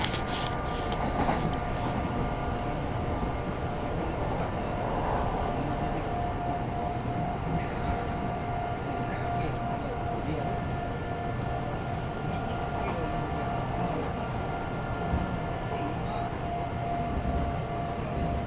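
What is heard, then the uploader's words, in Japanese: A Kintetsu Osaka Line express train runs between Nabari and Yamato-Asakura with a steady, dense rumble that stays even throughout. A sustained mid-pitched whine holds across the whole clip, and brief brighter clicks and rattles come every few seconds. 近鉄大阪線 急行 名張→大和朝倉。平日のお昼時、そろそろ学生の乗り降りが始まりそうな時間帯です。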